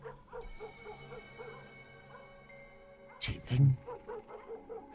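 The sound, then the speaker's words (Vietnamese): A dog growls and gnaws in low, rough fits, with faint whiny tones underneath, then a sudden loud snap and heavier growl burst near the end before settling again. “Ở bên dưới, con chó vẫn cứ cắn nhấm nhằng từng chập.”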